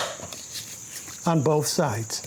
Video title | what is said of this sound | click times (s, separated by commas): ECHO DSRM-2100 Line Replacement [The easy way] | the unit should just snap in place | 0.3 s